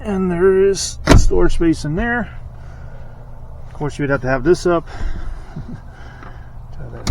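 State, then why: Seated. In the cab of a 2025 Silverado 3500HD pickup, someone talks while raising the fold-up rear under-seat storage panel a second time. The panel latches into its raised position with a sharp click at 7.1 s, locking in place.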